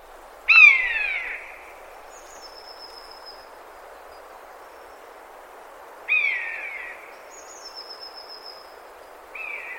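Bird call: three loud, sharp down-slurred notes, the first two each followed by a thin high whistle, over continuous rushing background noise.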